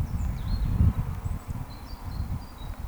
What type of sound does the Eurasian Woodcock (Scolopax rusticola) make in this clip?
whistle